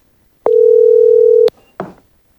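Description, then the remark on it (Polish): A single steady telephone ringing tone hums for about a second at a mid pitch, then cuts off with a sharp click and a brief rustle as the line is picked up: the call telling Venezuelan opposition leader Maria Corina Machado she had won the 2025 Nobel Peace Prize. “Wtedy właśnie liderka wenezuelskiego obozu demokratycznego, opozycjonistka, odebrała bardzo ważny telefon.”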